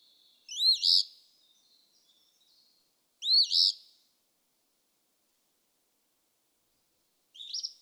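Eastern phoebe singing raspy, burry two-note phrases, two clear ones a few seconds apart and a third cut off at the end, with silence between.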